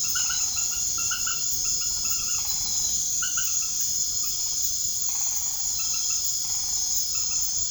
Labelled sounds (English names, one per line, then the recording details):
none
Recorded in secondary vegetation near Puerto Asís, Putumayo, Colombia, on 24 March 2025 at 20:30
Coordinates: 0.489, -76.322
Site G042